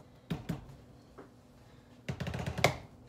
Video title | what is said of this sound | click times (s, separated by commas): Pineapple Ice pop | Here we go. There. Did you feel it? Hear it pop? I did. Okay. | 2.6 s